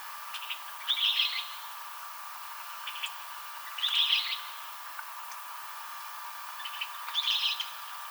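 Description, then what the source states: Western kingbird giving short, sharp high notes, three of them spaced about three seconds apart, with faint softer clicks between and a steady hum behind. Recorded 7 July 2007.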